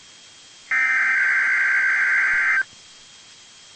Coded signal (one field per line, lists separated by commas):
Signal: Emergency Alert System (SAME) tones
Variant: header bursts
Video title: EAS: Required Weekly Test